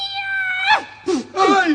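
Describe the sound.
A human voice imitates a cat's meow, as of a cat by a kitchen stove in the dark when a match is struck right at its eyes: a long, drawn-out wavering cry that bends downward, followed by a brief breath and a second shorter, falling mew.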